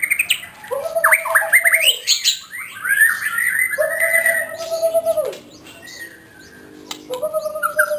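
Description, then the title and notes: White-rumped shama song: rich fluty whistles with long steady low notes, rapid twittering phrases above, a quieter gap, then the song resumes. Song used as a master (masteran) for training caged songbirds. "Suara Kicau Burung Murai Batu. burung murai buat masteran"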